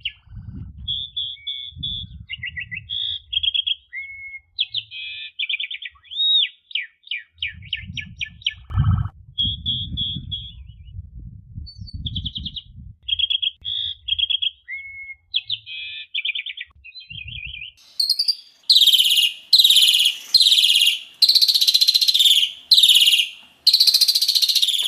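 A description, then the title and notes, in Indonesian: A pied starling (jalak suren) sings a busy run of high whistles, chirps and trills, with low bumps and rustles underneath through the first seventeen seconds. Around eighteen seconds the song turns into loud, harsh, rasping bursts repeated about once a second until the end. Jalak suren gacor. Suara burung.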